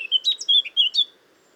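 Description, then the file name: Eurasian blackcap song: a brief run of clear, whistled fluty notes lasting about a second. "Sylvia atricapilla"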